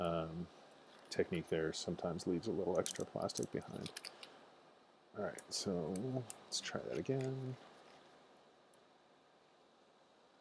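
A nut is pushed again into a captive slot in a printed plastic case while someone talks, with a brief faint tap near 8.7 s as the clip quiets. The nut does not go in, and nothing has seated or clicked yet.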